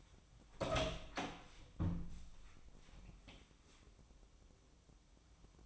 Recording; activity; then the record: daily activity, microphone in the room; open door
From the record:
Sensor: 1